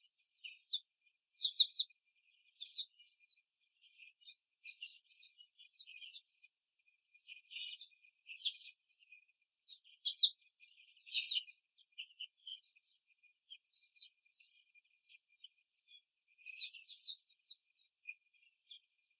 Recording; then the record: young laying hens in a cage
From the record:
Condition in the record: before the stressor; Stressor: simulated dog barking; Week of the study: 3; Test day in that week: 1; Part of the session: 4